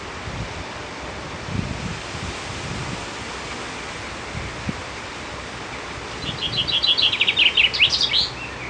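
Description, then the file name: Common chaffinch song: a single phrase of sweet notes dropping in pitch and closing with a flourish near the end, after a stretch of constant hiss. "Vink"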